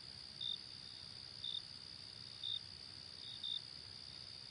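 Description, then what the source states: Cricket chirps, short high pulses around once a second with a constant high insect drone behind them. Night ambience.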